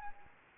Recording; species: mosquito wingbeat signal from an infrared sensor; Anopheles arabiensis